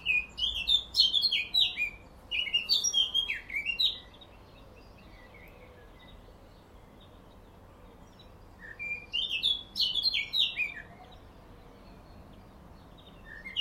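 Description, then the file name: Eurasian blackcap song: a lively warbled phrase of about four seconds, a long silence, then another similar burst. "Sylvia atricapilla"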